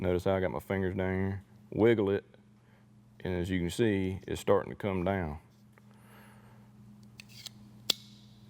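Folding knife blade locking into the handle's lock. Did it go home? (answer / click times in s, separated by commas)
yes / 7.9 s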